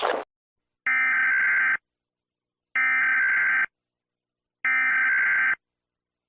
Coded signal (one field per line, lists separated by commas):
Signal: Emergency Alert System (SAME) tones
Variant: header bursts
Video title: EAS Scenario - The Great Earthquake (Part 4)